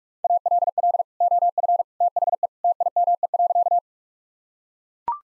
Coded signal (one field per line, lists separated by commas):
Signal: Morse code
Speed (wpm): 42 wpm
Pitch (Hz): 700 Hz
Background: none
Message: ALL OF THE TIME.